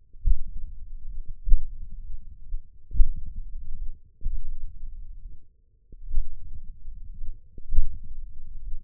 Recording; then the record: forearm muscle sounds (acoustic myography)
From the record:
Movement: tripod grip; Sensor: system 1, eight BSWA MPA416 microphones around the upper forearm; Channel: 8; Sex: male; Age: 20 years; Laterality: left